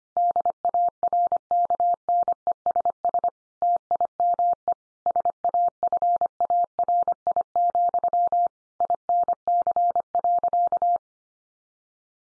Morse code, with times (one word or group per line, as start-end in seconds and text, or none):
0.2-3.3 DARKNESS
3.6-4.7 TIME
5.1-8.5 SAFARI,
8.8-11.0 INC.